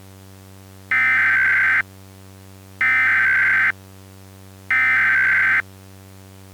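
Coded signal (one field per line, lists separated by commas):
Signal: Emergency Alert System (SAME) tones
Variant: header bursts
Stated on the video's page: Fictional EAS scenario of a worst-case Illinois tornado outbreak.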